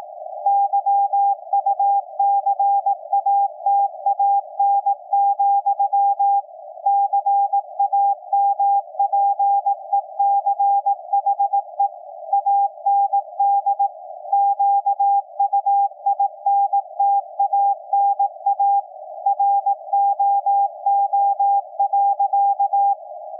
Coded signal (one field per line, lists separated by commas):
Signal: Morse code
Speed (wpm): 18 wpm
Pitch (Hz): 800 Hz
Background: none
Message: YUCATAN, CAMPECHE AND QUINTANA ROO.